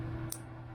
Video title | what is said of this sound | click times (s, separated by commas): How to Replace the Minn Kota Steering motor replacement ,Minn Kota Gearbox | There is. You heard it click. | 0.3 s